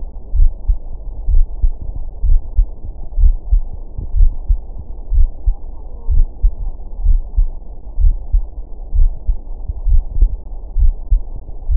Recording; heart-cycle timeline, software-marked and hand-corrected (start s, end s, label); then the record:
heart sounds
0.00	0.36	diastole
0.36	0.50	S1
0.50	0.68	systole
0.68	0.78	S2
0.78	1.30	diastole
1.30	1.46	S1
1.46	1.62	systole
1.62	1.72	S2
1.72	2.26	diastole
2.26	2.40	S1
2.40	2.56	systole
2.56	2.66	S2
2.66	3.20	diastole
3.20	3.36	S1
3.36	3.52	systole
3.52	3.64	S2
3.64	4.16	diastole
4.16	4.30	S1
4.30	4.48	systole
4.48	4.58	S2
4.58	5.14	diastole
5.14	5.28	S1
5.28	5.46	systole
5.46	5.56	S2
5.56	6.10	diastole
6.10	6.26	S1
6.26	6.42	systole
6.42	6.52	S2
6.52	7.04	diastole
7.04	7.20	S1
7.20	7.36	systole
7.36	7.48	S2
7.48	8.00	diastole
8.00	8.14	S1
8.14	8.32	systole
8.32	8.44	S2
8.44	8.96	diastole
8.96	9.10	S1
9.10	9.26	systole
9.26	9.36	S2
9.36	9.88	diastole
9.88	10.04	S1
10.04	10.20	systole
10.20	10.30	S2
10.30	10.78	diastole
10.78	10.94	S1
10.94	11.10	systole
11.10	11.22	S2
11.22	11.70	diastole
11.70	11.77	S1
From the record:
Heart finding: coronary artery disease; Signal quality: good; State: rest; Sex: female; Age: 51 years